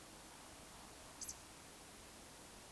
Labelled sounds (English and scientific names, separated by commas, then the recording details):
Eurasian Woodcock (Scolopax rusticola) whistle
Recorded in Baden-Württemberg, Germany, on 26 May 2020 at 20:11 UTC
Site 45304, 487 m above sea level